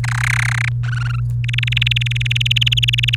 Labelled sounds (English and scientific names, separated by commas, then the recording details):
Domestic Canary (Serinus canaria) song
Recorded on 30 April 2018 at 07:31
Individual llb3